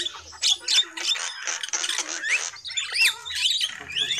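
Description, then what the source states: Lovebirds give scratchy chatter and a few clear looping whistled chirps, the pace uneven with brief pauses. Lure call used for trapping birds.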